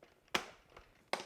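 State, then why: Seated. The plastic body of a Dirt Devil Simpli-Stik stick vacuum is slid onto its floor nozzle and clicks into place at 0.4 s with a sharp snap that rings out briefly. A second sharp snap follows at 1.1 s, and the body ends up seated on the nozzle.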